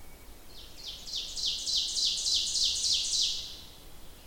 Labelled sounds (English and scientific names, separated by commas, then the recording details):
Ovenbird (Seiurus aurocapilla) song
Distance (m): 30 m
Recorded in boreal forest in Alberta, Canada, on 27 June 2016 at 05:54
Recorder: SongMeter 3, array SBT-6-79
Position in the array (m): 284 m, 39 m
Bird 39